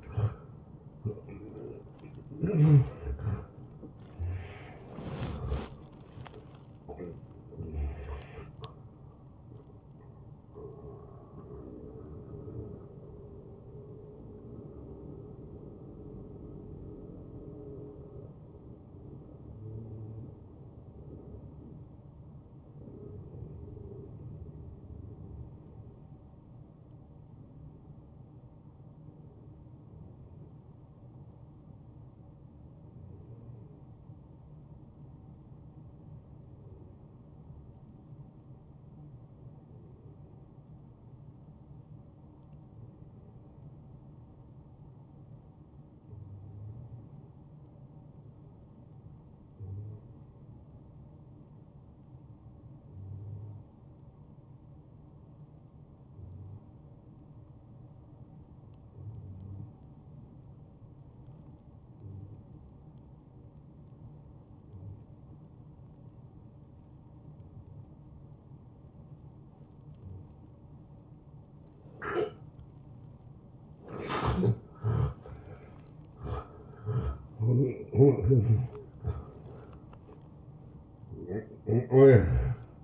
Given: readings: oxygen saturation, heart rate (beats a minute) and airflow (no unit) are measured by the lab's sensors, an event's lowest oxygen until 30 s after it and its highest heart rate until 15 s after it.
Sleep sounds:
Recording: breathing in sleep by a smartphone at the bedside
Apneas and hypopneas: 1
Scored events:
11.00-75.00 s: hypopnea (N1, oxygen 97% highest, then 90% lowest)
26.00-82.84 s: new sleep stage, N2 (light sleep)
From the record:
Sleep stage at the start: N1 (lightest sleep)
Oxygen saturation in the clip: 84 to 97%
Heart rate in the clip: 62 to 83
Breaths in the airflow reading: 18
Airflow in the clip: -16.4 to 12.3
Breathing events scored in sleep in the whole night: 263 in 5.5 hours asleep

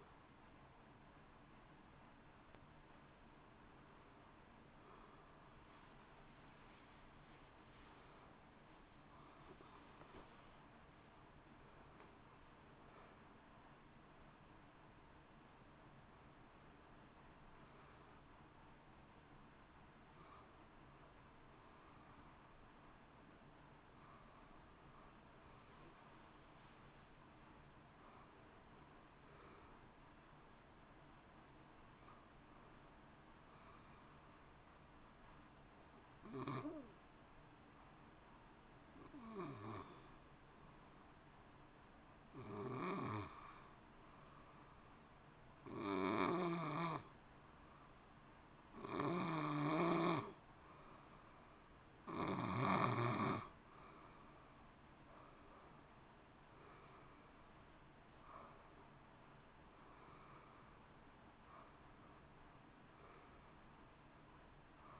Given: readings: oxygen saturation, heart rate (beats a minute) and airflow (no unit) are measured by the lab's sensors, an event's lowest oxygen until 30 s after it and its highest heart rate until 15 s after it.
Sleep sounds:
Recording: breathing in sleep by a voice recorder at the bedside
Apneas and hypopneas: 1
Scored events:
0.00-5.00 s: awake
4.00-65.00 s: new sleep stage, N1 (lightest sleep)
19.00-52.40 s: hypopnea (N1, oxygen 95% highest, then 86% lowest)
From the record:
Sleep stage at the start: awake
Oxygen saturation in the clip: 86 to 95%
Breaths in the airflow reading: 18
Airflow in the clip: -2.4 to 2.7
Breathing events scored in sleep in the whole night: 328 in 6.3 hours asleep

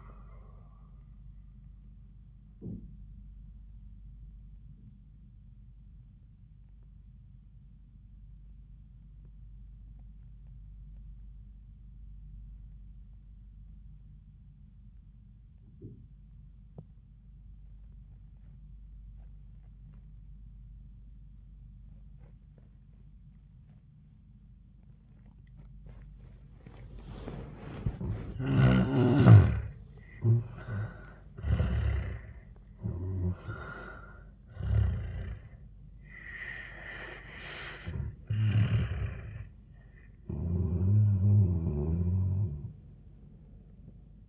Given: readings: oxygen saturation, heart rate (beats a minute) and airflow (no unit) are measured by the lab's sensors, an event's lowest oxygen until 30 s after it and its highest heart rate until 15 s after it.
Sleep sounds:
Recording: breathing in sleep by a smartphone at the bedside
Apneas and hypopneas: 1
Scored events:
9.00-29.90 s: obstructive apnea (N1, oxygen 98% highest, then 80% lowest, heart rate 72 at the start, 86 highest)
From the record:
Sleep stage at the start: N1 (lightest sleep)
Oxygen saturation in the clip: 81 to 98%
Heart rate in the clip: 68 to 86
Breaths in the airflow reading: 3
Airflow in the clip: -19.6 to 13.2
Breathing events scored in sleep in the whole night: 400 in 8.7 hours asleep

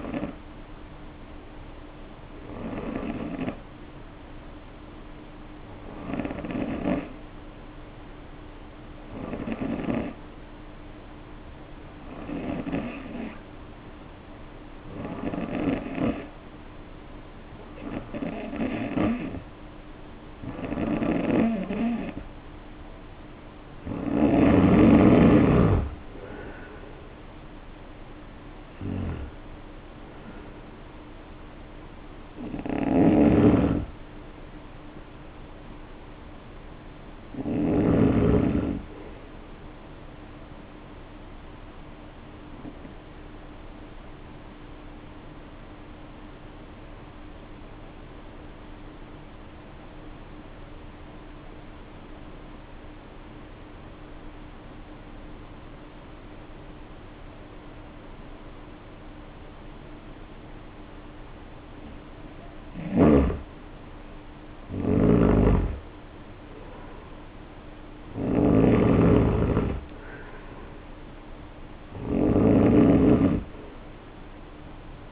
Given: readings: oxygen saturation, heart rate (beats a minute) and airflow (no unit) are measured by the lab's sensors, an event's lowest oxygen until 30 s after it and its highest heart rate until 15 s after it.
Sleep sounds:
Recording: breathing in sleep by a voice recorder at the bedside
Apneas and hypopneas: 2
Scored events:
4.00-25.10 s: hypopnea (N2, oxygen 93% highest, then 88% lowest, heart rate 54 at the start, 66 highest)
45.00-67.50 s: obstructive apnea (N2, oxygen 96% highest, then 86% lowest, heart rate 51 at the start, 66 highest)
54.00-75.12 s: new sleep stage, N1 (lightest sleep)
From the record:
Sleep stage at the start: N2 (light sleep)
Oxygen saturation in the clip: 88 to 96%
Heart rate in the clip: 51 to 66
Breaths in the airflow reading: 14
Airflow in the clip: -4.3 to 5.1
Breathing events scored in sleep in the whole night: 520 in 7.2 hours asleep

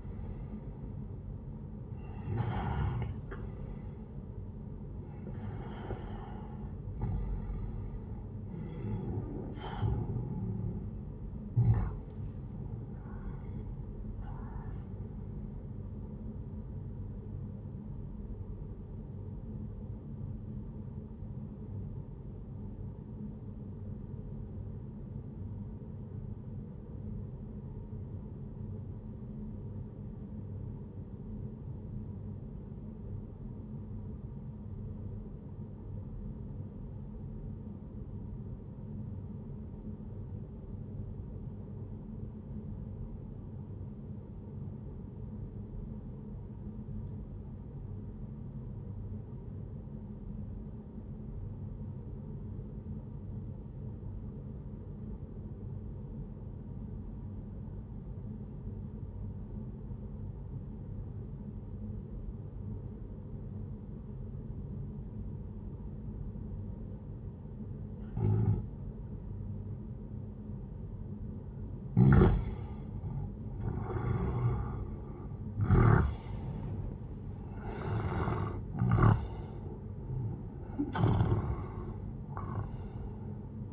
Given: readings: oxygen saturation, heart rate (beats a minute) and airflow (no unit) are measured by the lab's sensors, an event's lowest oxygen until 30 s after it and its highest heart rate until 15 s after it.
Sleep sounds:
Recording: breathing in sleep by a smartphone at the bedside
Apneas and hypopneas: 1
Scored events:
1.00-31.00 s: new sleep stage, N1 (lightest sleep)
21.00-70.60 s: obstructive apnea (N1, oxygen 98% highest, then 89% lowest, heart rate 67 at the start, 78 highest)
31.00-83.73 s: new sleep stage, N2 (light sleep)
From the record:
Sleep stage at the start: N2 (light sleep)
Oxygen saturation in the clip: 89 to 98%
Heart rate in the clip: 61 to 79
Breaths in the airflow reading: 8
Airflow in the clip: -13.1 to 14.8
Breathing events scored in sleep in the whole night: 131 in 7.2 hours asleep

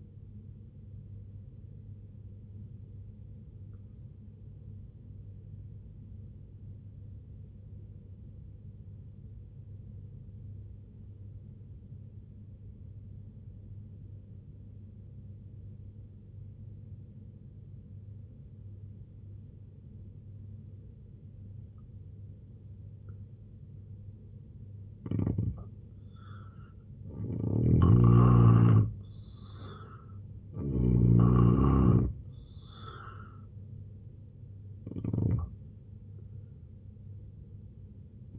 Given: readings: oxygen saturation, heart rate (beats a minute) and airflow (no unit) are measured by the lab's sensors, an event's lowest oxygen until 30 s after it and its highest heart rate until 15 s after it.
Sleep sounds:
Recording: breathing in sleep by a smartphone at the bedside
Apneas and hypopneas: 1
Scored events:
3.00-26.00 s: obstructive apnea (N1, oxygen 94% highest, then 80% lowest, heart rate 62 at the start, 85 highest)
6.00-38.39 s: new sleep stage, N2 (light sleep)
From the record:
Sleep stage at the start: N1 (lightest sleep)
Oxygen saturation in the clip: 82 to 94%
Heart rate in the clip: 62 to 85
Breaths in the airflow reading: 4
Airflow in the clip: -4.8 to 7.5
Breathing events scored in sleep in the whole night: 258 in 7.4 hours asleep

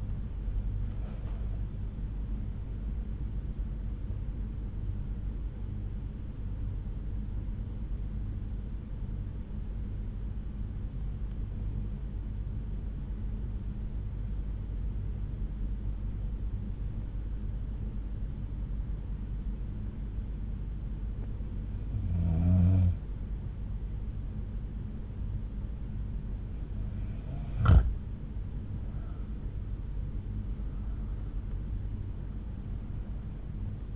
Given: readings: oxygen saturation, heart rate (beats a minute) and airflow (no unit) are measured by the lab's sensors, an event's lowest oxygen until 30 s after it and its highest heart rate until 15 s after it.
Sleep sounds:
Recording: breathing in sleep by a smartphone at the bedside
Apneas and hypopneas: 1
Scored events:
8.00-26.60 s: hypopnea (N1, oxygen 92% highest, then 91% lowest, heart rate 64 at the start, 71 highest)
From the record:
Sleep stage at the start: N1 (lightest sleep)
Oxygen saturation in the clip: 90 to 95%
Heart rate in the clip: 58 to 71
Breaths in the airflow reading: 5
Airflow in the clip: -11.4 to 10.7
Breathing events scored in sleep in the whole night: 368 in 8.0 hours asleep

